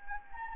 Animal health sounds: mosquito wingbeat signal from an infrared sensor; Anopheles arabiensis

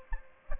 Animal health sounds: mosquito wingbeat signal from an infrared sensor; Aedes aegypti

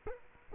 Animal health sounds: mosquito wingbeat signal from an infrared sensor; Culex quinquefasciatus

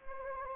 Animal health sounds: mosquito wingbeat signal from an infrared sensor; Anopheles gambiae

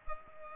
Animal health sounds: mosquito wingbeat signal from an infrared sensor; Culex pipiens

